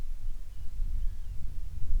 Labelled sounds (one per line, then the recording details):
bird
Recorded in the Prudhoe Bay oil fields, Alaska, on 10 July 2019 at 09:20
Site 11